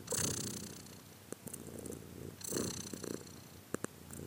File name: cat again